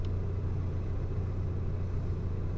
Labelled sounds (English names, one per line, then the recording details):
none
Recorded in Germany
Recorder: ecoPi